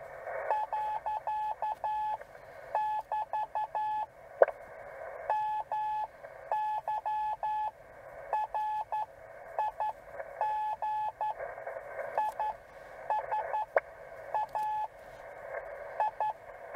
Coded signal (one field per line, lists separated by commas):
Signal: Morse code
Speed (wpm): 11 wpm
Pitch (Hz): 860 Hz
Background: radio noise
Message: . <BT> MY RIG IS A I